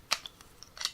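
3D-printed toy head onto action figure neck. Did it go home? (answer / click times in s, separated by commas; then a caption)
no / none. A 3D-printed plastic Minotaur head is pushed onto an action figure's neck peg, making a sharp plastic tick at 0.1 s, fainter ticks around 0.3, 0.4 and 0.6 s, and a louder scraping burst near 0.9 s. The head has not clicked into place yet.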